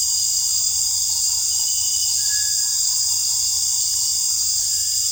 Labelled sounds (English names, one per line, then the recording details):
Cinereous Tinamou
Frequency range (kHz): Cinereous Tinamou 1.2-2.0 kHz
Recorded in dense forest near Puerto Asís, Putumayo, Colombia, on 13 March 2025 at 18:30
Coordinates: 0.484, -76.317
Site G064